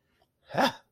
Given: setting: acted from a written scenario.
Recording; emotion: vocal sound without words; triumph